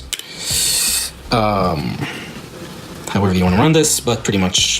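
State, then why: Seated. A 3D-printed plastic prop guard is pressed into holes on the frame, and its clips spread open and snap into place with two sharp clicks at 0.1 s and 0.2 s. Someone then talks while a steady hum runs underneath.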